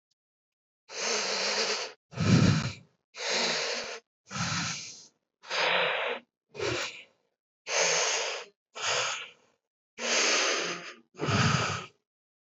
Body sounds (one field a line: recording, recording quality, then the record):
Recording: shallow breathing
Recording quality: excellent, no background noise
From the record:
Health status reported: healthy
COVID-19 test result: negative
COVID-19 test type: RT-PCR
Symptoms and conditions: cold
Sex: male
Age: 28 years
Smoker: no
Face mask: not worn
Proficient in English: yes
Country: India